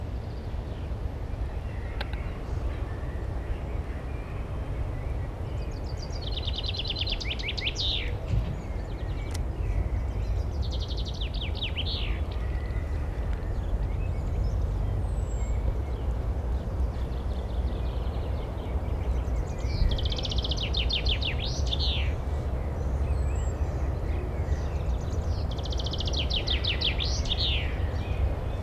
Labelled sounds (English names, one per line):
Common Chaffinch song